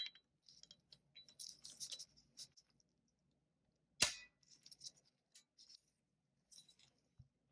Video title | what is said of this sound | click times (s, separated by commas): Holosun 407c install/guide on M&P 2.0 9mm Compact | and when you're pretty close you'll hear that satisfying click | 4.0 s